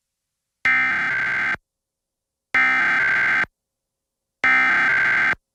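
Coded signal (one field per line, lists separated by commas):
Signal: Emergency Alert System (SAME) tones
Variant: header bursts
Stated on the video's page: EAS alert tones heard over a TV broadcast of The Owl House Season 2, cut off at the start of the clip.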